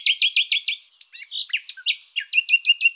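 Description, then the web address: Common nightingale song: a fast run of repeated rich notes, then a varied jumble of whistles and chirps, ending with another rapid repeated series. "Luscinia megarhynchos"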